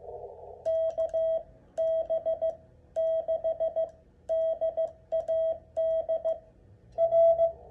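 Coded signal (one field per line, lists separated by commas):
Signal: Morse code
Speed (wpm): 15 wpm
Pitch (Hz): 650 Hz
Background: none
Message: KB6DAD R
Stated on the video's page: Parks on the Air hunting in CW on 20 meters with an Icom 7300 and a Begali key.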